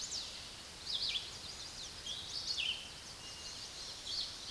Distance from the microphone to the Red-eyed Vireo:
about 30 m